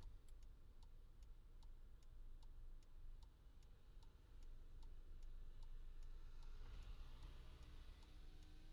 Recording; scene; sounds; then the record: everyday scene through a hearing-aid microphone; in a vehicle; engine idling, traffic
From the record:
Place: Skoda Fabia, gasoline engine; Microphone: in the ear canal, left